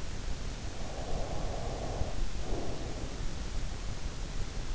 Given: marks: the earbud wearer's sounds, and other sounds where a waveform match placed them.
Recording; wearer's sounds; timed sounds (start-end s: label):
sounds in sleep by an in-ear microphone; breath
0.76-3.74 s: breath